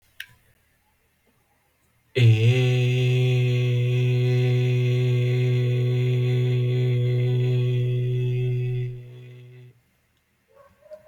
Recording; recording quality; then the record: sustained vowel as in made; excellent, no background noise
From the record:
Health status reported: healthy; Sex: male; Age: 24 years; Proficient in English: yes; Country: India